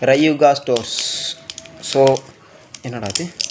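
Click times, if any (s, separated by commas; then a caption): none. A plastic Takara Tomy Beyblade Genesis Voltreact spinning top is handled and pressed and turned toward its launcher while someone talks, with light plastic rattling and clicking between the words. Nothing has seated or locked onto the launcher yet.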